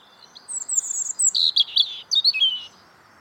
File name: European Robin Erithacus rubecula